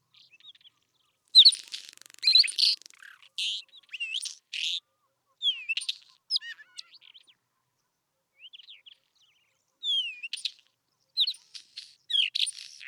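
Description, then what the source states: Isabelline Wheatear song, a long run of varied phrases: buzzy chatters, rising and falling whistles and crackling notes, with a short pause midway. Recorded at Telmen Nuur, Mongolia.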